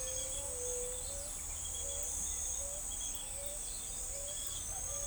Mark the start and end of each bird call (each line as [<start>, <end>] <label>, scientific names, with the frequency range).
[0.00, 1.03] Leptotila verreauxi (0.4-0.7 kHz)
[0.00, 5.06] Zenaida auriculata (0.3-0.8 kHz)